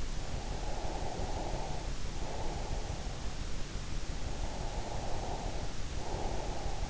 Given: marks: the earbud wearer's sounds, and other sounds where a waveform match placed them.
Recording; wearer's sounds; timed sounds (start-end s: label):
sounds in sleep by an in-ear microphone; breath
0.35-3.11 s: breath
4.41-6.89 s: breath